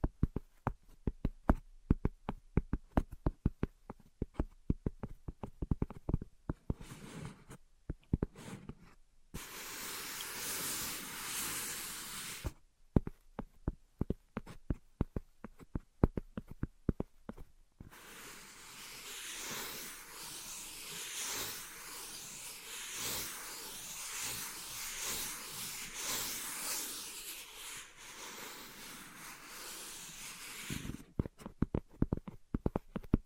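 Invisible tapping and scratching: sharp, irregular taps come in quick clusters through the opening seconds and again near the end. Two long stretches of steady, bright scratching fill the middle, one brief around ten seconds and a longer one from about eighteen to thirty.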